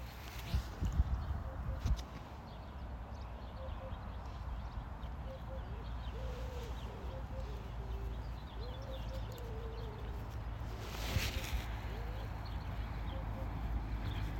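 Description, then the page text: Hoopoe calls, soft low hollow hoots in short groups repeated every two seconds or so, faint over a steady low rumble. One bird, calls heard, in Ādaži municipality, Latvia, on 20 May 2025 at 07:01. "Hoopoe, Upupa epops. Ādažu novads"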